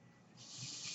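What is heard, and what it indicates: Hissing airflow from a home mechanical ventilator, rising in loudness after the first half second, with mostly high-frequency broadband noise.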